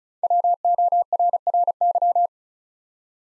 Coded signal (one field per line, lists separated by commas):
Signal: Morse code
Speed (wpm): 36 wpm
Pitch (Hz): 700 Hz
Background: none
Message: WORRY